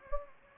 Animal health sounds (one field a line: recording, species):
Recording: mosquito wingbeat signal from an infrared sensor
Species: Anopheles gambiae